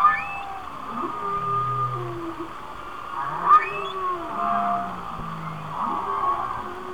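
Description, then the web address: Whale song: sparse low groans and short curving upsweeps, a sharp higher squeal about halfway, quieter steady background hiss. "Whale Songs Whale Songs- Mike Mc Donald"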